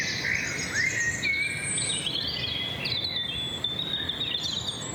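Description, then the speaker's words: European robin giving high, pure whistled notes and slurred rising phrases, followed by sustained thin tones, with other chorus birds and low background noise. Dawn chorus on the Veluwe; robins still dominate. "Ja, het meeste wat je nu hoort, dat is roodborst."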